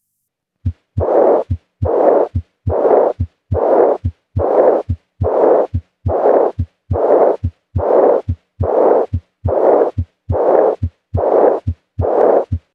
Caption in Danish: Diastolisk mislyd som også er en blæsende lyd kommer under diastolen.